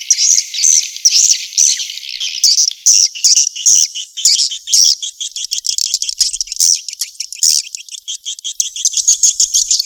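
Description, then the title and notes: Swiftlet calls in loud bursts of high, sharp chirps, repeated quickly and unevenly. Sound used in swiftlet farming in Asia. "Swiflet Bird Sound. Farming Swiflet Bird asia sound"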